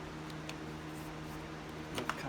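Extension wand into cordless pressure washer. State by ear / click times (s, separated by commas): seated / 2.0 s, 2.1 s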